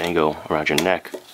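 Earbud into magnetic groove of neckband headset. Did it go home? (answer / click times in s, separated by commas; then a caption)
no / none. A magnetic earbud of a GRDE wireless Bluetooth neckband headset is handled near the plastic groove on the neckband where it snaps in magnetically, while someone talks over faint handling sounds. Nothing has seated or clicked into the groove yet.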